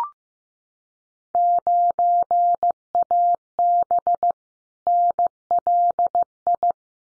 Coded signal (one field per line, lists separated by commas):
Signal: Morse code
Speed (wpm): 15 wpm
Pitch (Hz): 700 Hz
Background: none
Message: 9AB NLI